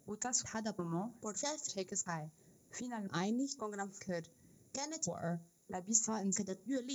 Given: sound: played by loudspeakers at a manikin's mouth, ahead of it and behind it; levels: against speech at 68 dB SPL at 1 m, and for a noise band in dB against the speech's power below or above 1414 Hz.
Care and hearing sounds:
test signals for a remote microphone
0.00-6.95 s: speech test signal (ISTS)
From the record:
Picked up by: remote microphone A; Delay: 47 ms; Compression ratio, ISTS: 4.90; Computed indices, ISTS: SII 0.993, HASPI 0.999, HASQI 0.497 (non-linear 0.574, linear 0.866), ESTOI 0.858

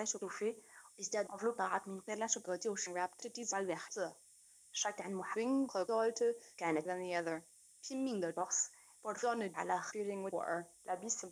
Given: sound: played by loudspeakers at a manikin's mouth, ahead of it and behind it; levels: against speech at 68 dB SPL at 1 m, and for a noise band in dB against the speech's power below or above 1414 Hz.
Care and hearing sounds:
test signals for a remote microphone
0.00-11.32 s: speech test signal (ISTS)
From the record:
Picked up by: remote microphone D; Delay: 24 ms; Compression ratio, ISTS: 1.24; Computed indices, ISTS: SII 0.997, HASPI 0.990, HASQI 0.385 (non-linear 0.446, linear 0.863), ESTOI 0.888

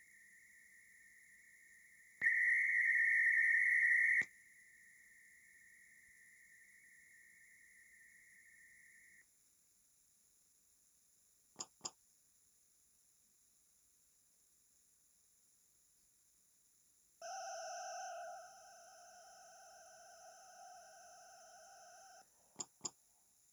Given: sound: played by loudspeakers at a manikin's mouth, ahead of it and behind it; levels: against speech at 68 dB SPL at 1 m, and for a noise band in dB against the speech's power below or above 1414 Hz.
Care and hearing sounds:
test signals for a remote microphone
0.00-2.21 s: noise band at 2000 Hz, -13 dB
2.21-4.21 s: noise band at 2000 Hz, +22 dB
4.21-9.21 s: noise band at 2000 Hz, -13 dB
11.59 s: click
11.84 s: click
17.21-22.21 s: four noise bands (707, 1414, 2828 and 5656 Hz), 50 dB SPL
22.59 s: click
22.84 s: click
From the record:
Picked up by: remote microphone A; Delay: 47 ms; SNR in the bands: 30 dB at 707 Hz, 26 dB at 1414 Hz, 17 dB at 2828 Hz, 18 dB at 5656 Hz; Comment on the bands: stepped gain adaptation after first 1 s

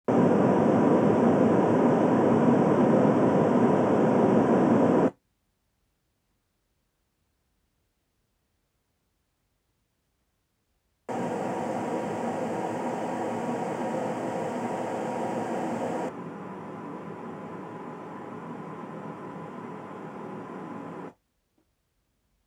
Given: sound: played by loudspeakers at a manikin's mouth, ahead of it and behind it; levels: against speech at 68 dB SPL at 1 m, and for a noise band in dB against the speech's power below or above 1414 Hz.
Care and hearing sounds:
test signals for a remote microphone
0.08-5.08 s: speech-spectrum noise from the mouth, +10 dB
11.08-16.08 s: speech-spectrum noise from ahead, +10 dB
16.08-21.08 s: speech-spectrum noise from behind, +10 dB
From the record:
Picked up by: measurement microphone

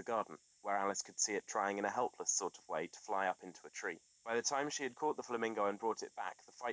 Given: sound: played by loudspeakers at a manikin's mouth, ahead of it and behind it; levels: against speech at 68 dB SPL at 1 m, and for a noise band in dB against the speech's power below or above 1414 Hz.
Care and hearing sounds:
test signals for a remote microphone
0.00-6.73 s: man speaking
From the record:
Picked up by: remote microphone D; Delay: 24 ms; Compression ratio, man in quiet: 1.31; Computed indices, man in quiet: SII 0.994, HASPI 0.998, HASQI 0.363 (non-linear 0.417, linear 0.872), ESTOI 0.824

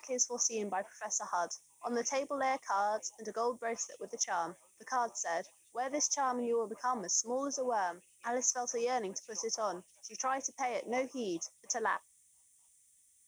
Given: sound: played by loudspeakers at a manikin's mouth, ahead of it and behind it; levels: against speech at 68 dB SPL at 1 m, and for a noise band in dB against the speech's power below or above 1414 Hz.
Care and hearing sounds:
test signals for a remote microphone
0.00-11.96 s: woman speaking, babble ahead at +6 dB SNR for speech at 1 m
From the record:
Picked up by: remote microphone C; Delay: 23 ms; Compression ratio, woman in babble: 1.51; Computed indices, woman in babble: HASPI 0.867, HASQI 0.307 (non-linear 0.358, linear 0.857), ESTOI 0.784

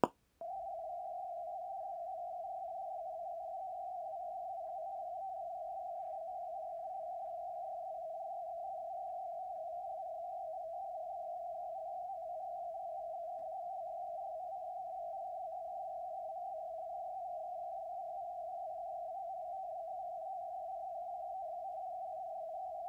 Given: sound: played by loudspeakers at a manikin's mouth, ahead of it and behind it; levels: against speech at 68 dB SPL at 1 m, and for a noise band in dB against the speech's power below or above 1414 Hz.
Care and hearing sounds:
test signals for a remote microphone
0.04 s: click
0.41-22.89 s: noise band at 707 Hz, as loud as that band is in speech
From the record:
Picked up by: measurement microphone

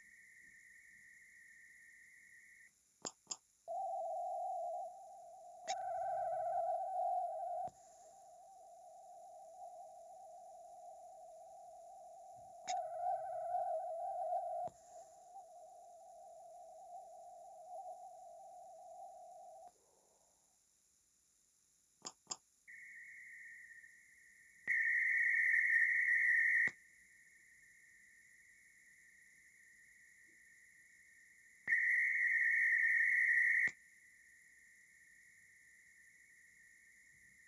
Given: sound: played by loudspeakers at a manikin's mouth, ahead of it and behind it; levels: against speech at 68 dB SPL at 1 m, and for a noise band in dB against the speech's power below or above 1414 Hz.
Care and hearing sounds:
test signals for a remote microphone
0.00-2.67 s: noise band at 2000 Hz, -10 dB
3.05 s: click
3.30 s: click
3.67-5.67 s: noise band at 707 Hz, -13 dB
5.67-7.67 s: noise band at 707 Hz, +22 dB
7.67-12.67 s: noise band at 707 Hz, -13 dB
12.67-14.67 s: noise band at 707 Hz, +22 dB
14.67-19.67 s: noise band at 707 Hz, -13 dB
22.05 s: click
22.30 s: click
22.67-24.67 s: noise band at 2000 Hz, -13 dB
24.67-26.67 s: noise band at 2000 Hz, +22 dB
26.67-31.67 s: noise band at 2000 Hz, -13 dB
31.67-33.67 s: noise band at 2000 Hz, +22 dB
33.67-37.48 s: noise band at 2000 Hz, -13 dB
From the record:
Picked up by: remote microphone A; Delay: 47 ms

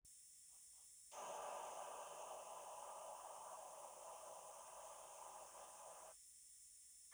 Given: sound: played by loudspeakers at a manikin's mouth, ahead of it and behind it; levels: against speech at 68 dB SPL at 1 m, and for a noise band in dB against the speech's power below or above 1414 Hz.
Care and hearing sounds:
test signals for a remote microphone
1.11-6.11 s: speech-spectrum noise from ahead
From the record:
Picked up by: remote microphone B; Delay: 24 ms

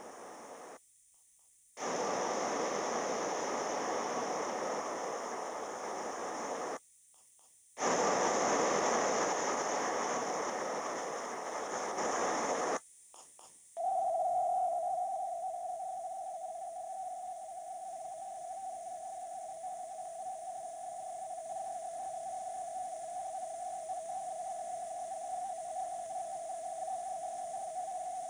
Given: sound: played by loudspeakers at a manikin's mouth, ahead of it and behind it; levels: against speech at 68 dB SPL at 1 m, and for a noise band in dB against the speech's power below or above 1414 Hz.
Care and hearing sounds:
test signals for a remote microphone
0.00-0.77 s: speech-spectrum noise, -10 dB
1.77-6.77 s: speech-spectrum noise, 0 dB
7.77-12.77 s: speech-spectrum noise, +10 dB
13.77-28.30 s: noise band at 707 Hz, as loud as that band is in speech
From the record:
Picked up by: remote microphone D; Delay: 24 ms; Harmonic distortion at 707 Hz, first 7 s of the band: under -32 dB

